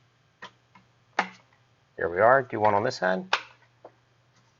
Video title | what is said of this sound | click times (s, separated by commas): How To Replace Intake Manifold Gaskets - Chevy Trailblazer (Episode - 393) | we have the center clip and the end clip so we're going to line it up push it down you'll hear it click | 1.2 s